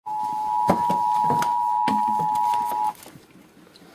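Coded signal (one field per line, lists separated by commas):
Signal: Emergency Alert System (SAME) tones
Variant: 853 and 960 Hz attention tone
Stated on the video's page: Old recording of a Flood Warning aired by a TV station.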